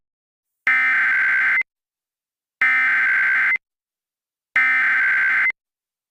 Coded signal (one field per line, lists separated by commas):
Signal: Emergency Alert System (SAME) tones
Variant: header bursts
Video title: Forty-Seven Returns: An EAS Scenario